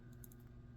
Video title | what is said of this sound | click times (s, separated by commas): Build #1275 - Kraken #288 - Humbert | And how you do that is you back the crown off the threads until you hear it and feel it clicking. | 0.2 s, 0.3 s